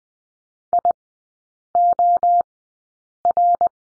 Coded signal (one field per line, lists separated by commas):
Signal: Morse code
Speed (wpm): 20 wpm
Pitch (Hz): 700 Hz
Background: none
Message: IOR